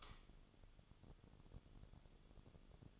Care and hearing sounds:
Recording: daily activity, microphone in the room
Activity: light on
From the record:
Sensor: 4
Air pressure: 1008.7 hPa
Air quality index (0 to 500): 98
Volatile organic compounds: 1 ppm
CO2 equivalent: 734 ppm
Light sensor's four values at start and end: 12/27/11/10 and 12/29/11/11

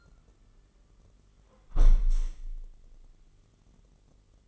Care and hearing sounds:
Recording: daily activity, microphone in the room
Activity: close window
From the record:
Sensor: 4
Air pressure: 999.3 hPa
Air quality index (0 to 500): 111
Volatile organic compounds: 2 ppm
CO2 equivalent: 1101 ppm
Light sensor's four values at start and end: 14/33/13/15 and 14/33/13/15

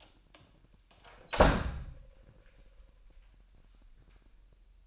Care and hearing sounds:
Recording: daily activity, microphone in the room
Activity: close door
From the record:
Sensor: 2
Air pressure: 998.2 hPa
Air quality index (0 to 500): 142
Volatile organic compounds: 4 ppm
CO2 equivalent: 1612 ppm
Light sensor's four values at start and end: 11/34/13/13 and 11/34/13/13

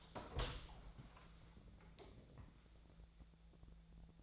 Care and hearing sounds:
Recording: daily activity, microphone in the room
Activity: open door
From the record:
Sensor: 3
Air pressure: 1000.5 hPa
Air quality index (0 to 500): 180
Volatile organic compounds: 4 ppm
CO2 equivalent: 1564 ppm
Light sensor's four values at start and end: 12/29/12/13 and 12/30/12/13

